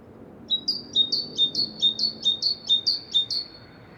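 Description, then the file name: Great tit: a fast, even series of several high, bright two-part notes, each a lower thin note followed by a higher sharp one, over faint hum. "Parus major"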